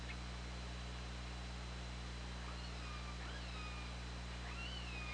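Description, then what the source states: Killer whale calls: faint, drawn-out tonal calls that rise and fall in the second half, set against a constant low hum and broad hiss. OrcaLab recording, 24 August 2017, 20:13.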